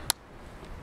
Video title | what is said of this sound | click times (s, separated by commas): us m40 mask voice ampifier - msa esp 2 - 2x aaa cell version | yeah now it did click you did hear the the click | 0.1 s